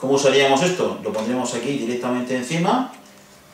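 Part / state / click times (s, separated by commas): metal burner support onto the top of a gel fuel can / not seated / none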